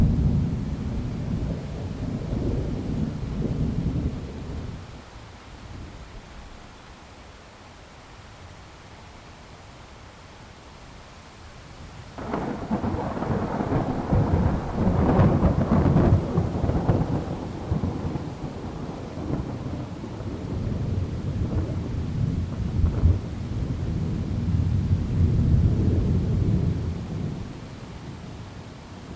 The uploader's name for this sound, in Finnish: ukkosen jyrinää, tuulta, sadetta ja linnun laulua